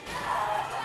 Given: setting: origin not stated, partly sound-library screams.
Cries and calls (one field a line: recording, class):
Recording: one-second piece from a danger detection set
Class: woman in danger